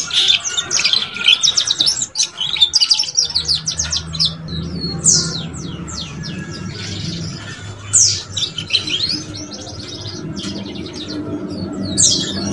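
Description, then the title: Belgian canary song: dense, rapid high chirps and twittering trills, with a steady low hum underneath from about three seconds on. Belgian canary song used to warm up and stimulate young canaries so they start singing and chattering quickly. "Canto Para Esquentar Canário Belga. SUARA KENARI PAUD CUIT CUIT BELAJAR BUNYI - pancingan kenari paud muda agar cepat bunyi dan ngeriwik"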